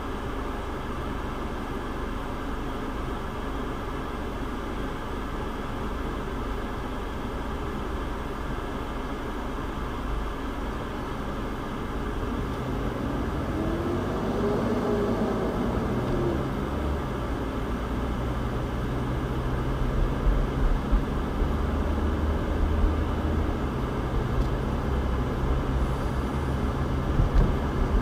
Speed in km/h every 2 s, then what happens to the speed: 0, 0, 0, 0, 0, 0, 6, 16, 23, 29, 35, 40, 45, 48.
0-11 standing. 11-28 pulls away to 48.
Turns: none.